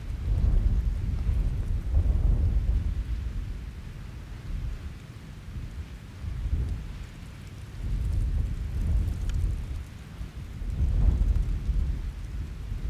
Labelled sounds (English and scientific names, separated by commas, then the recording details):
Arctic Fox (Vulpes lagopus)
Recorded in the wild
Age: adult
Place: Insel Mednyi, Kommandeur-Inseln, RU
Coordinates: 54.5167, 168.083
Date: 1999-07-01 18:54
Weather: starker Westwind, 10°C
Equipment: Sony WM-D6C, Sennheiser MKH 70, Windkorb, Kopie Sony TCD-D8
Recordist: Frommolt, Karl-Heinz